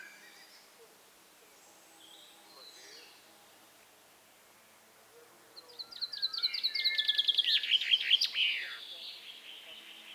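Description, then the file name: Common chaffinch song: several seconds of faint scattered chirps, then a loud trill of repeated notes finishing in a flourish. "Fringilla coelebs"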